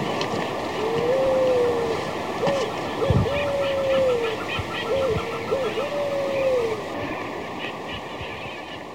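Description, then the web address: Marañón pigeon giving low, smooth coos, long arched notes mixed with short clipped ones, against constant background hum and scattered knocks. Ecuador. "Birds of Ecuador. Maranon Pigeon"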